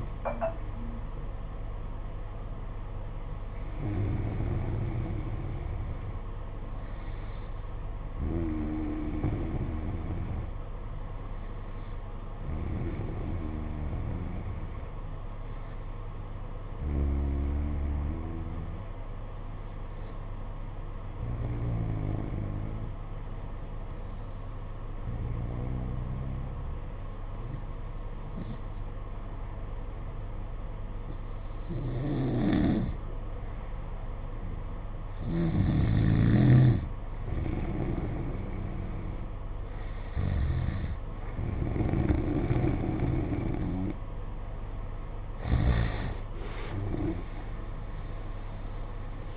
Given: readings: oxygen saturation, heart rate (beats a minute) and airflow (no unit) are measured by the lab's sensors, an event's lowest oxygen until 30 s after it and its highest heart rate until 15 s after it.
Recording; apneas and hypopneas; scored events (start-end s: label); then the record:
breathing in sleep by a smartphone at the bedside; 1
14.00-39.30 s: hypopnea (N2, oxygen 94% highest, then 91% lowest, heart rate 53 at the start, 62 highest)
From the record:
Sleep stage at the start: N2 (light sleep); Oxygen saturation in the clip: 92 to 94%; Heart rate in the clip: 53 to 62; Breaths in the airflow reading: 11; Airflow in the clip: -10.9 to 11.5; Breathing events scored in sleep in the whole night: 476 in 9.7 hours asleep